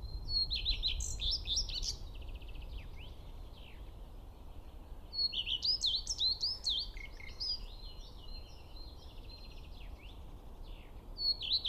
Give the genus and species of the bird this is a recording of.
Phoenicurus phoenicurus